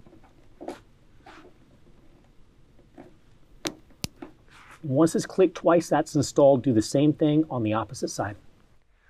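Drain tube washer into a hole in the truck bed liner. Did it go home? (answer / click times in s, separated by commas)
yes / 3.7 s, 4.0 s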